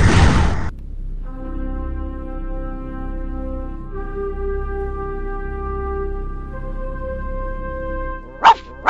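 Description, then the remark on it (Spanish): A dog gives a loud bark, then a steady, droning harmonic tone hums for several seconds before two short, sharp barks close it out. No one speaks. “Un día como hoy, la perra Laika se convirtió en la primera criatura con vida enviada al espacio a bordo de la nave espacial soviética Sputnik 2.”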